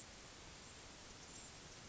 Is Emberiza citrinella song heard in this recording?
no